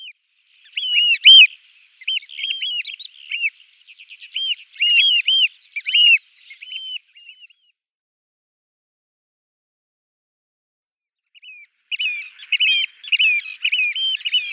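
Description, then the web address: Eurasian oystercatcher: loud piping calls in rapid excited runs, a long series, then about four seconds of silence before another burst of overlapping shrill notes. "Schulze Peter Eurasian Oystercatcher calls"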